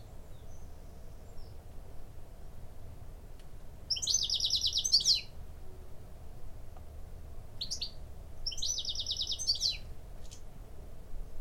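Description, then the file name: European goldfinch calls: two short bursts of rapid, tinkling, buzzy twittering notes, well apart, over a steady low background rumble. "Carduelis carduelis"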